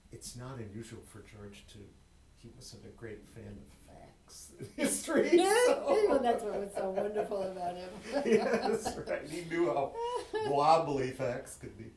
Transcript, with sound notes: it's not unusual for George to, he wasn't a great fan of facts in history. (laughter) That's what was so wonderful about him. Yes, right. He knew how wobbly facts could be.